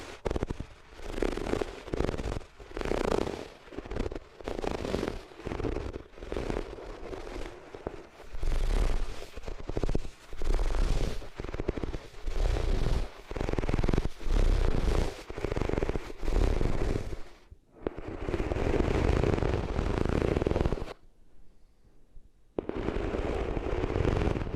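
Ears being rubbed against different materials, heard as a rapid run of rough, scratchy strokes roughly twice a second with a thick low rumble under each. Near eighteen seconds the rubbing turns to a steadier smooth scrape, then stops briefly before resuming.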